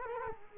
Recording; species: mosquito wingbeat signal from an infrared sensor; Culex quinquefasciatus